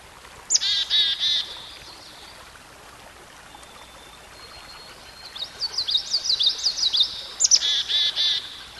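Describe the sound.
Songbird song: a phrase of a high note and a few buzzy notes, then a quick twittering series of rising and falling notes, then the buzzy phrase again.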